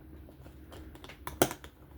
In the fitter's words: Listen for those snaps. Everything is seating together.